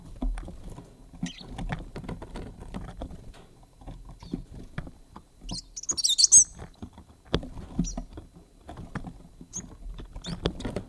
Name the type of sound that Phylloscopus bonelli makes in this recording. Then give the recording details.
song. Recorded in captivity. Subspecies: bonelli. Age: juvenile. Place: Zoologisches Institut Universität Tübingen, Baden-Württemberg, DE. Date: 1970-07-24. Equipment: Nagra III PH, MD 211, DP26. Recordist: Kleine and Killmaier. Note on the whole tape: Phylloscopus bonelli bonelli. Aurorazimmer: Jungtier weiß-gelb/rot: Jugendgesänge. Sonagramm